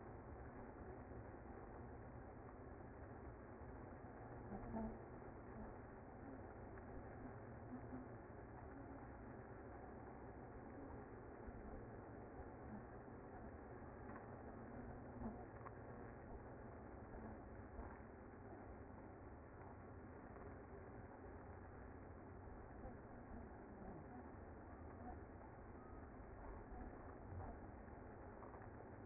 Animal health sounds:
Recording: honeybee colony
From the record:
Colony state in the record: active

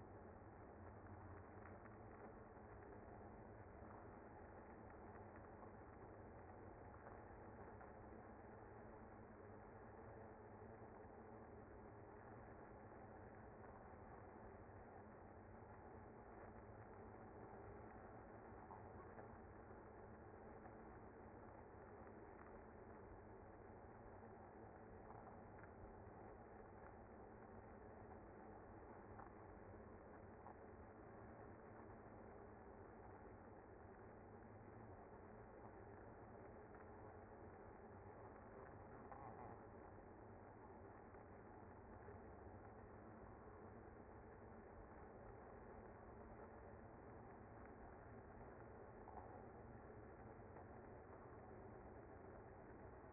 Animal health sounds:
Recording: honeybee colony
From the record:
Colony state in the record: active

